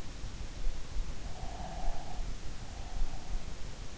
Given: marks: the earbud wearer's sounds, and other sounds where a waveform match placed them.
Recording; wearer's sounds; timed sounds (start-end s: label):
sounds in sleep by an in-ear microphone; breath
1.31-3.44 s: breath